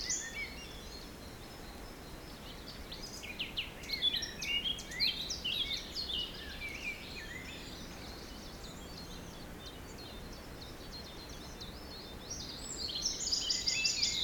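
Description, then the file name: A chorus of birds gives bursts of chips and warbled phrases, fading in the middle and returning with a high trill, under continuous wind. Forest in spring, windy at Beaufort force 3, recorded at 1 pm. "Forest Spring Birds Windy 3 bft 1 pm"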